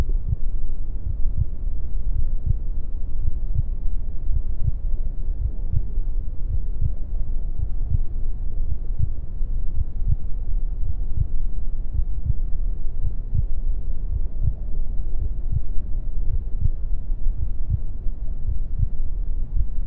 Heartbeat Sound | A Mother's Womb. The gentle thumping of my mother's heartbeat serves as the main focus, a steady rhythm that reverberates through the fluid-filled space. Accompanying the heartbeat is the gentle rise and fall of my mother's breath. The sounds of my mother's digestive system, a gentle gurgling, and rumbling.